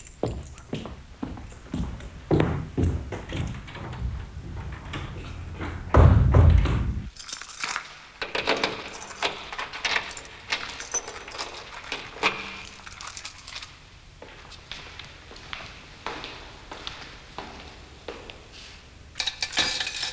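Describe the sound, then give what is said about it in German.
Keys jingle and clink as they are handled, a run of light, bright metallic rattles and taps that keep coming irregularly, with a dull low thump partway through and no speech. “Schlüssel.”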